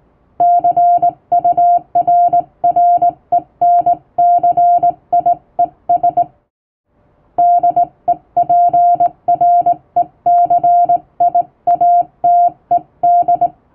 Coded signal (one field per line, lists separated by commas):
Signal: Morse code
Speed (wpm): 19 wpm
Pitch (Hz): 700 Hz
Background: music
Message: CURRENCIES DEPRECIATED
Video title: 毎日聴いてモールスラーニング！アマチュア無線ハムの受信練習用に綺麗な手打ちで平文の欧文モールス信号を叩いてみました。YouTubeの再生速度を調整して聴こう(morse code learning)